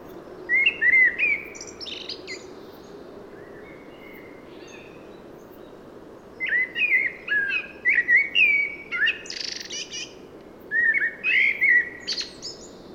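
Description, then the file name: Common blackbird singing low, mellow fluted warbles that end in thin, squeaky twitters; a short phrase opens, then a pause, then a longer run of phrases. "Turdus merula"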